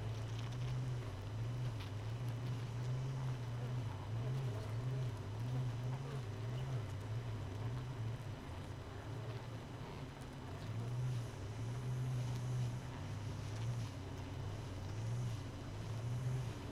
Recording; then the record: honeybee colony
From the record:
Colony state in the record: missing queen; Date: 31 May 2018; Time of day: 5:16